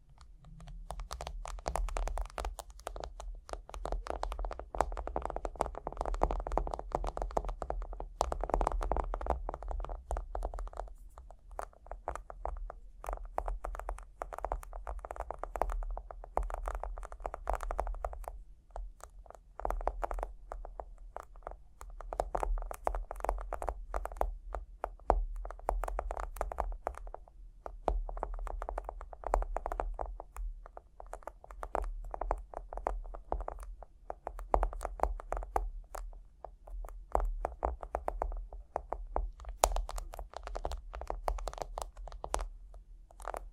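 Tapping and scratching run continuously for the whole stretch, a dense patter of small, quick contacts with no steady rhythm. A constant low hum sits underneath, and the scratchy rasps brighten and thicken in bursts, notably around six to nine seconds and again near the end.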